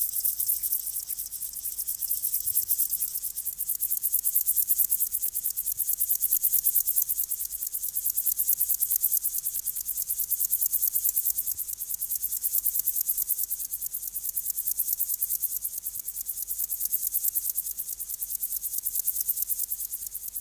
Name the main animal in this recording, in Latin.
Chorthippus apricarius